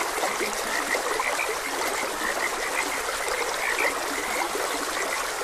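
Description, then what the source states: Frogs give dense, overlapping short croaks throughout, blended with a constant babble of flowing stream water. Frogs croaking beside a gentle stream.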